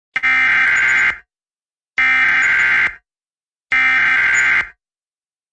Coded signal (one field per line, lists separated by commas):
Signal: Emergency Alert System (SAME) tones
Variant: header bursts